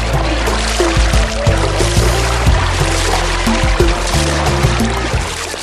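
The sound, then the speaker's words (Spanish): Water splashes and churns steadily as two friends bathe in an oasis to cool off, a loud, continuous wash of sloshing with small irregular surges and no clear pauses throughout. “Aprovechemos y bañémonos para quitarnos este calor de encima.”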